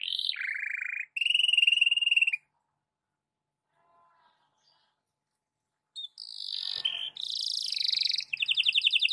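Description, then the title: Canary giving a sweeping whistle and a ringing trill, then near silence for several seconds before resuming with dense buzzy trills. Belgian canary singing in the morning, a warm-up song intended for masteran (song tutoring of other birds). "Canto Para Esquentar Canário Belga. SUARA BURUNG KENARI DI PAGI HARI COCOK BUAT MASTERAN"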